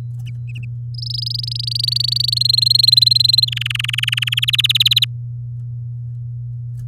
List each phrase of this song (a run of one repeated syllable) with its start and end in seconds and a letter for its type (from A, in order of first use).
0.94-2.38 A, 2.40-3.45 B, 3.47-4.40 C, 4.42-5.05 D